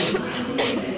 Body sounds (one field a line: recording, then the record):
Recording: coughing mixed with background sound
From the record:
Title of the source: 61 morning phlegmy cough...again